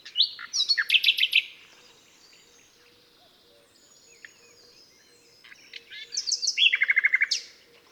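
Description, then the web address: Common nightingale singing two phrases: a burst of quick repeated notes, a long quiet pause, then a rapid, regular trill of rich notes. "SETE data Luscinia megarhynchos"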